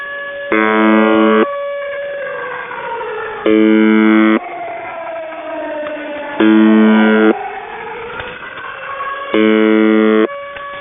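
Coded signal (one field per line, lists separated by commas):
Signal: channel marker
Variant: UVB-76 (The Buzzer)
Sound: four harsh low buzzes about a second long, three seconds apart, over a wailing siren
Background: air-raid siren, radio static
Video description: Russian Buzzer UVB-76 seen with active air-raid siren audio jamming.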